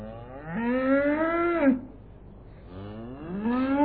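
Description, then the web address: Cow: cattle lowing, one drawn-out moo rising and ending abruptly, followed after a brief gap by a second moo that starts low and climbs. "Sound Effects Special FX 2. Cows"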